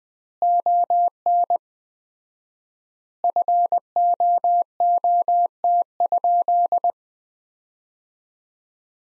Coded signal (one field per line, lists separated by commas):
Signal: Morse code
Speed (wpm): 20 wpm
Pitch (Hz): 700 Hz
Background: none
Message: ON FOOT?